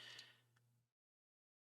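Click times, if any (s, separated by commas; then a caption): none. On a second try, a plastic reactor part from a 1:8 scale DeLorean model kit is fitted into its mounting slot on the car. Faint handling noise over a steady low hum is heard, with a brief soft tap near 0.2 s and another near 0.6 s. The part fits but nothing has clicked into place yet; it is meant to be turned clockwise to lock.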